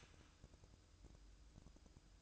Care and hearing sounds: daily activity, microphone in the room; start toaster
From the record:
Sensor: 2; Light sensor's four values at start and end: 6/13/5/6 and 6/14/5/6

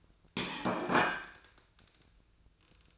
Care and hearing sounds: daily activity, microphone in the room; place plate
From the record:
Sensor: 2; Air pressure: 1009.2 hPa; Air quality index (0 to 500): 186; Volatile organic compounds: 11 ppm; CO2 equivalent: 2316 ppm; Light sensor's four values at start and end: 23/58/25/27 and 24/58/25/27

